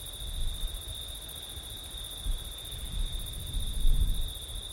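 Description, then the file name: Crickets trill continuously at a high pitch while low rumbling wind gusts swell and fade, strongest near the end. Crickets on a windy September night; ORTF stereo. "crickets wind september night ortif"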